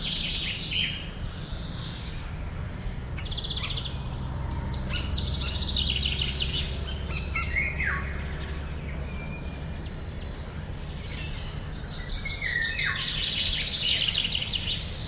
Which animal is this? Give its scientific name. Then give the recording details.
Oriolus oriolus. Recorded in the wild. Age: adult. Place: Schielleitn. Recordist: Brunner, Thomas. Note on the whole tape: Aufnahme: Juni 1980 / 81, Schielleitn, Steiermark